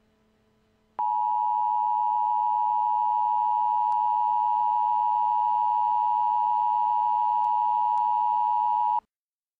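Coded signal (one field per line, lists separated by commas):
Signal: Emergency Alert System (SAME) tones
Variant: 853 and 960 Hz attention tone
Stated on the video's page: Mock EAS alert about a nuclear attack, a mock-up not a real alert.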